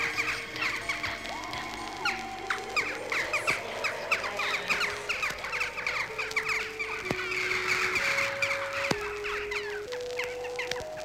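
A busy flock of jackdaws, members of the crow family, met on the way toward the mountains, chatters nonstop, their short, sharp 'chak' calls overlapping in a rapid, uneven stream, with a few steady low tones stepping upward in the background toward the end.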